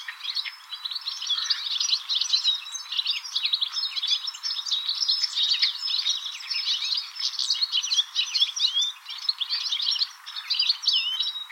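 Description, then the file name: European goldfinch twittering without pause, a dense stream of quick, tinkling, liquid notes. "Carduelis carduelis"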